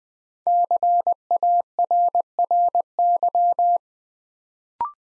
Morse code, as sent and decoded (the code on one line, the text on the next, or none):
-.-. .- .-. .-. -.--
CARRY